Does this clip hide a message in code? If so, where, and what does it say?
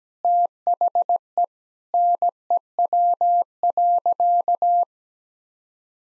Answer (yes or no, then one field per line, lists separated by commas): yes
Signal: Morse code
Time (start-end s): 0.2-4.8 s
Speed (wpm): 17 wpm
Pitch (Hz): 700 Hz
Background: none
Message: THE NEW.